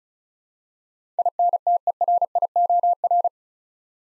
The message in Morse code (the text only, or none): INTERIOR